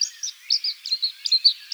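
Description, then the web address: Red-backed shrike giving short, scratchy, chattering high notes, several quick pairs in succession. In Slovenia. "Lanius collurio"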